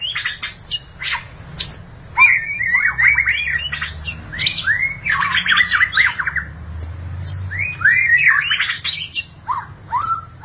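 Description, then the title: Magpie-robin or shama singing a fast, varied stream of sweet whistles, rising slurs and harsher chattering notes, with brief pauses between bursts. "BM Suara Burung Murai"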